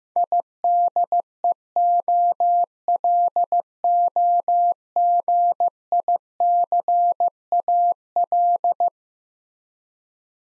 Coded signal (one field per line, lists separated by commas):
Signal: Morse code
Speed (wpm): 15 wpm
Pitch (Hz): 700 Hz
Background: none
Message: IDEOLOGICAL